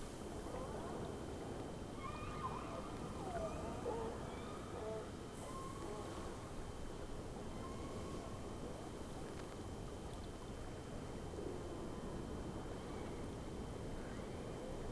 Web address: Sea Snake 10-3-06 Whales X 2 11-30 Round 1